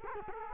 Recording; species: mosquito wingbeat signal from an infrared sensor; Culex quinquefasciatus